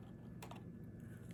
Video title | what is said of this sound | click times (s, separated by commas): New stamp positioner Stampin Up! | It clicks into place right there like that. | 0.4 s